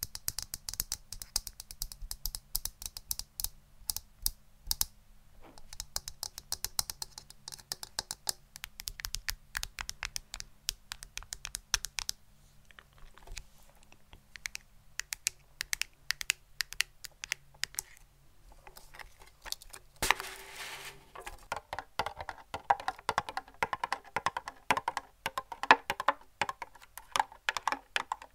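Tapping on a keyboard runs the whole way through as rapid, uneven clicks in bursts, with short pauses between runs. Around twenty seconds a brighter, denser patch of clatter joins in. A faint low hum sits underneath.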